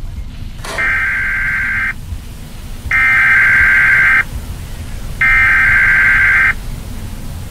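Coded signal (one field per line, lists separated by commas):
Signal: Emergency Alert System (SAME) tones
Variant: header bursts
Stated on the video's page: EAS tones from a Roblox game.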